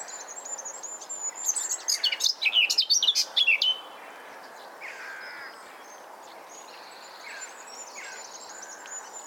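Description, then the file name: Eurasian blackcap song: one rapid, scratchy warbling phrase of about two seconds, followed by quieter, scattered bird notes. "Sylvia atricapilla"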